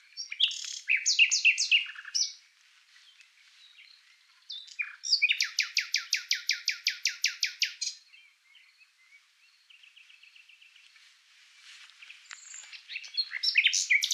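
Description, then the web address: Common nightingale song: loud varied phrases, a fast rattling trill of repeated notes, soft piping notes, then rich chattering phrases resuming. "Ruiseñor común"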